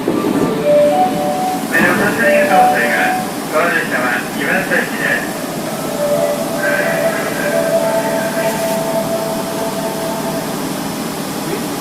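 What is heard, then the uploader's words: A subway train runs along the Osaka Imazatosuji line with a steady low rumble throughout. Bursts of speech, likely an announcement, come in at about two to five seconds and again around seven to nine seconds, with faint thin tones sounding over the rolling noise. 大阪市営地下鉄時代の今里筋線の全区間走行音. Travel sound Osaka city municipal subway Imazatosuji line.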